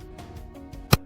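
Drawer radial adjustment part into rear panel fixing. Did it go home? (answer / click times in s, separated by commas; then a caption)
yes / 0.9 s. A GRASS Vionaro V8 drawer's second radial adjustment part, fitted without a fixing clip, is positioned on the drawer's rear panel fixing and pushed upward with light pressure. After quiet handling and soft background music, a sharp, short click rings out at 0.9 s as the part seats onto the mount.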